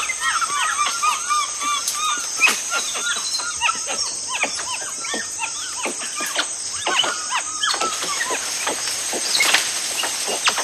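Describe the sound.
Tufted capuchins giving many short arched chirps, rising then falling, overlapping throughout, with dense crackling clicks and a steady high insect drone behind.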